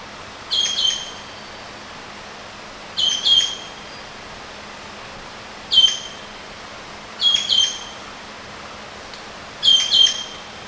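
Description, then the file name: Javan green magpie calls: five bouts of high, shrill whistles, mostly doubled, spaced unevenly about one and a half to nearly three seconds apart, otherwise quiet. Known locally as ekek keling. "suara burung cissa thalassina ekek keling"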